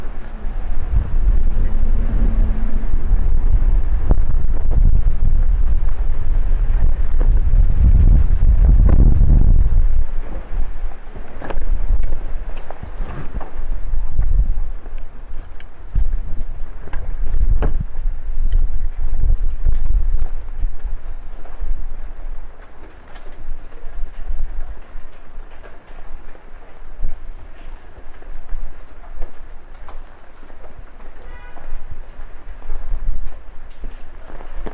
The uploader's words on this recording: WALKING IN THE RAIN DOWNTOWN KOREA. The gentle pitter-patter of rain drops on your umbrella, combined with the sounds of a busy downtown Korean city at night.